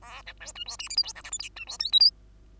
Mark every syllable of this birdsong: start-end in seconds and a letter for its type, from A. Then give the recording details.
0.02-0.22 A, 0.26-0.33 B, 0.40-0.53 C, 0.55-0.64 D, 0.66-0.77 E, 0.79-0.89 F, 0.89-0.96 G, 0.96-1.03 H, 1.03-1.13 I, 1.15-1.23 J, 1.24-1.30 K, 1.31-1.38 L, 1.39-1.49 M, 1.56-1.65 D, 1.67-1.78 E, 1.79-1.91 N, 1.92-2.00 O, 2.00-2.10 P. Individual Bird2